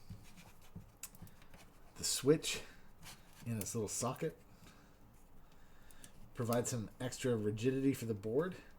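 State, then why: Not seated. A plastic clip-in stabilizer housing is handled next to the switch socket on a keyboard PCB, about to be pressed into its holes, while someone talks. Faint ticks and light scraping are heard around 1.0–1.5 s and 5.9–6.0 s. Nothing has clicked or seated yet.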